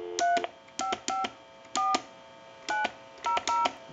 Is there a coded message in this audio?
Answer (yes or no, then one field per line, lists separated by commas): yes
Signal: DTMF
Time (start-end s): 0.2-3.7 s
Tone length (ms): 150 ms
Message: 3554900